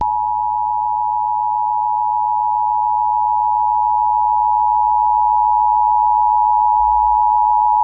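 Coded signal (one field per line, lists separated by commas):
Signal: Emergency Alert System (SAME) tones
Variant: 853 and 960 Hz attention tone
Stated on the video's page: Received EAS alerts.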